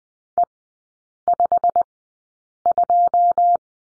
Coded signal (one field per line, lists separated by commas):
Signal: Morse code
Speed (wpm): 20 wpm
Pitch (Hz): 700 Hz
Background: none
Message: E52